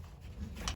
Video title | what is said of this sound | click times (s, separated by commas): Replacing Steering Wheel Clockspring in my 1997 Jeep TJ and not my 2011 Jeep JKU | okay airbag connector snapped in place make sure you hear that click tuck in your wires | 0.7 s